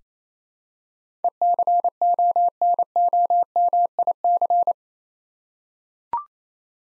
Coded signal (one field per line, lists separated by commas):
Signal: Morse code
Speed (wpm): 28 wpm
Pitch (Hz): 700 Hz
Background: none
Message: ECONOMIC